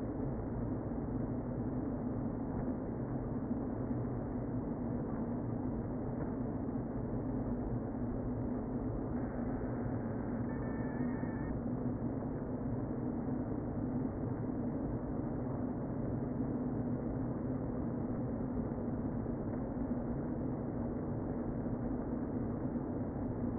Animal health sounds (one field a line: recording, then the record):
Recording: honeybee colony, microphone inside the hive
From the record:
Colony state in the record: queen present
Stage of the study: before two queens were removed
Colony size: about 60,000 bees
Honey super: yes